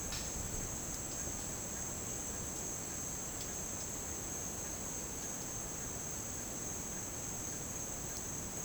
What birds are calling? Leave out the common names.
none